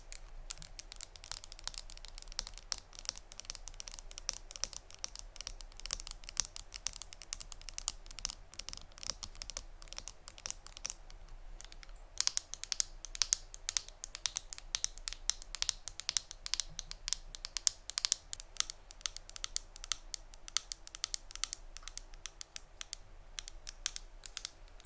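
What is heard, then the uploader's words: ASMR tapping made of dense, rapid clicks and crisp taps, mostly bright and thin with some crinkly, scratchy texture. The taps come steadily throughout, thinning briefly around eleven seconds before returning busier and louder, over a faint low hum. ASMR Tapping (No Talking).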